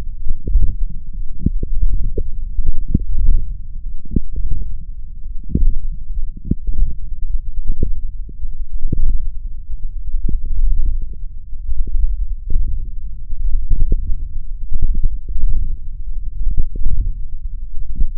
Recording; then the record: forearm muscle sounds (acoustic myography)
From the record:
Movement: wrist flexion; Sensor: system 1, eight BSWA MPA416 microphones around the upper forearm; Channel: 8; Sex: male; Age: 21 years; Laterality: right